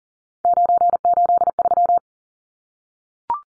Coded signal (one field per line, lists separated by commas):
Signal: Morse code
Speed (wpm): 40 wpm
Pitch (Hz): 700 Hz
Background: none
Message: 983